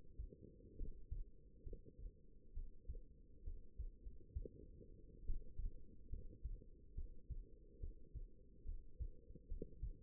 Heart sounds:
heart sounds by stethoscope; 69 bpm
0.76 s: heartbeat
1.63 s: heartbeat
2.53 s: heartbeat
3.43 s: heartbeat
4.01 s: heartbeat
5.25 s: heartbeat
6.09 s: heartbeat
6.94 s: heartbeat
7.79 s: heartbeat
8.64 s: heartbeat
9.47 s: heartbeat
From the record:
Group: healthy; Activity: cold pressor test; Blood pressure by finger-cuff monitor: 116/73 mmHg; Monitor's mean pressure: 84 mmHg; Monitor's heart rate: 67 bpm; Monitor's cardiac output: 5.3 L/min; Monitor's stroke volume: 81 mL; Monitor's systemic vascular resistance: 1180 dyn s/cm5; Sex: female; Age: 22 years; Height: 171 cm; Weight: 65.6 kg

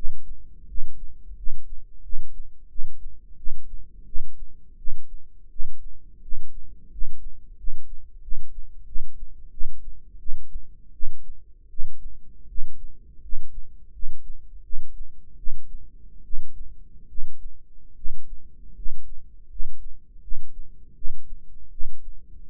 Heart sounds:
heart sounds by microphone in the right ear; 83 bpm
0.68 s: heartbeat
1.37 s: heartbeat
2.03 s: heartbeat
2.69 s: heartbeat
3.37 s: heartbeat
4.06 s: heartbeat
4.78 s: heartbeat
5.50 s: heartbeat
6.22 s: heartbeat
6.91 s: heartbeat
7.57 s: heartbeat
8.22 s: heartbeat
8.86 s: heartbeat
9.51 s: heartbeat
10.19 s: heartbeat
10.93 s: heartbeat
11.70 s: heartbeat
12.48 s: heartbeat
13.22 s: heartbeat
13.93 s: heartbeat
14.63 s: heartbeat
15.37 s: heartbeat
16.24 s: heartbeat
17.08 s: heartbeat
17.95 s: heartbeat
18.75 s: heartbeat
19.49 s: heartbeat
20.21 s: heartbeat
20.95 s: heartbeat
21.71 s: heartbeat
22.49 s: heartbeat
From the record:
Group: healthy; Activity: rest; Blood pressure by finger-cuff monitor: 110/64 mmHg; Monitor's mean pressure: 77 mmHg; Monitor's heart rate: 83 bpm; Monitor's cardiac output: 8.2 L/min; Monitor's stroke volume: 99 mL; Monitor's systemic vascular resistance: 700 dyn s/cm5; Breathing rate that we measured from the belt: 10 breaths a minute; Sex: male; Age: 35 years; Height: 180 cm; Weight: 86.9 kg

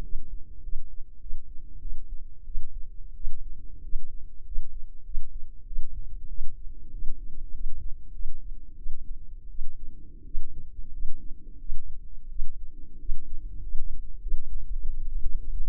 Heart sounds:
heart sounds by microphone in the left ear; 94 bpm
0.03 s: heartbeat
0.62 s: heartbeat
1.20 s: heartbeat
1.80 s: heartbeat
2.45 s: heartbeat
3.15 s: heartbeat
3.83 s: heartbeat
4.45 s: heartbeat
5.04 s: heartbeat
5.66 s: heartbeat
6.29 s: heartbeat
6.92 s: heartbeat
7.53 s: heartbeat
8.13 s: heartbeat
8.77 s: heartbeat
9.49 s: heartbeat
10.25 s: heartbeat
10.92 s: heartbeat
11.59 s: heartbeat
12.29 s: heartbeat
12.99 s: heartbeat
13.62 s: heartbeat
14.20 s: heartbeat
14.79 s: heartbeat
15.38 s: heartbeat
From the record:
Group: healthy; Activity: rest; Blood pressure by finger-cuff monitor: 135/71 mmHg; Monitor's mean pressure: 91 mmHg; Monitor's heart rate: 93 bpm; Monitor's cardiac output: 8.4 L/min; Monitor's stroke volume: 88 mL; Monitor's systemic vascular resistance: 790 dyn s/cm5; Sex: female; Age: 24 years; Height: 163 cm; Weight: 55.7 kg

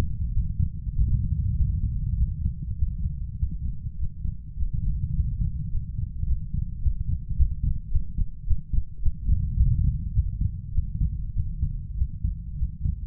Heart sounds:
heart sounds by stethoscope; 103 bpm
0.33 s: heartbeat
0.94 s: heartbeat
1.56 s: heartbeat
2.17 s: heartbeat
2.78 s: heartbeat
3.38 s: heartbeat
3.97 s: heartbeat
4.56 s: heartbeat
5.13 s: heartbeat
5.70 s: heartbeat
6.26 s: heartbeat
6.81 s: heartbeat
7.36 s: heartbeat
7.90 s: heartbeat
8.46 s: heartbeat
9.01 s: heartbeat
9.56 s: heartbeat
10.14 s: heartbeat
10.73 s: heartbeat
11.35 s: heartbeat
11.97 s: heartbeat
12.57 s: heartbeat
From the record:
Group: healthy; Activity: Valsalva maneuver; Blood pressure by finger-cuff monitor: 96/64 mmHg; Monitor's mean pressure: 77 mmHg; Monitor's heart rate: 100 bpm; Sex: male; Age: 22 years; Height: 181 cm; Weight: 60 kg

